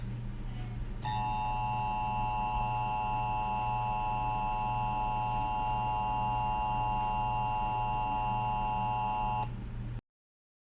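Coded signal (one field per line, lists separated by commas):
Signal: Emergency Alert System (SAME) tones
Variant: 853 and 960 Hz attention tone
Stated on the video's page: Fictional EAS scenario built from borrowed sounds and videos.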